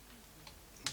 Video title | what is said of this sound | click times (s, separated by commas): Revell 1/32 Messerschmitt Bf110 C-2 Part 9 (Full Build) | and a little click which is all you need | 0.9 s